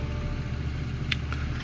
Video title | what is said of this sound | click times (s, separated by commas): AGORA Models 1:200 Scale Build the R.M.S. TITANIC Shipment 10 (Build Video) | and that goes into 56d which is this one see how it just kind of clicks into place | 1.1 s